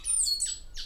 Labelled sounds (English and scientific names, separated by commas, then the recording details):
Stitchbird (Notiomystis cincta) song
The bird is a male
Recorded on Tiritiri Matangi Island, New Zealand, in 2005
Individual 10, of nest box 12